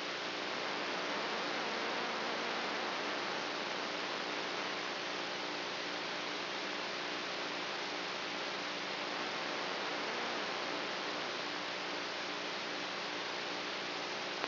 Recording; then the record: brain microelectrode recording played as sound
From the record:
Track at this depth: inside the subthalamic nucleus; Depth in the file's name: 2.405 mm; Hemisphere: right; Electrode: 3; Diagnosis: Parkinson's disease